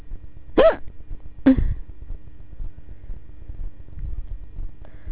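Three abrupt, short voiced gulps from an adult come about a second apart, each with a sharp onset and a brief throaty catch, over a low steady hum. These are hiccups, the sudden spasm of the diaphragm snapping the vocal cords shut.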